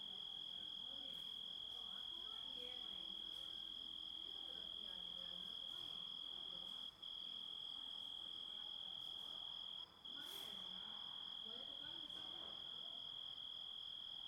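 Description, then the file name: Grasshopper sound: a continuous shrill tone held throughout, with faint scattered rasps and two short breaks near the middle. Composite of grasshopper sounds. "engisprettur samsett hljo rit"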